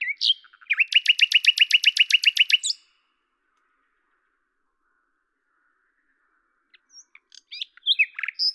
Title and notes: D83, 01350 Lavours, France - rossignol à LAVOURS. 10/05/1998 Tascam DAP-1 Micro Télingua, Samplitude 5.1